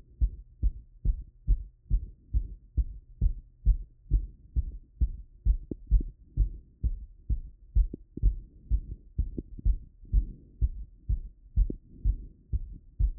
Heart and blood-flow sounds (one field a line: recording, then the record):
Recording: heart sounds by stethoscope after running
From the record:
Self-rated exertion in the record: moderate exertion (3 of 6)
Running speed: 8 mph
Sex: male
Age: 24 years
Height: 175 cm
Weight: 56 kg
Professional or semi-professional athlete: no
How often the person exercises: over 5 times a week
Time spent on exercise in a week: over 5 hours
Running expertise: yes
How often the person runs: over 5 times a week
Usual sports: running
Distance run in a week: 60 km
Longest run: 43 km